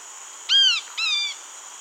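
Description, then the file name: Bird calls: two arched, harmonic-rich notes in quick succession, the first louder, the second flatter and slightly longer, over a steady high hiss. "SABIOD 50 bird 2015"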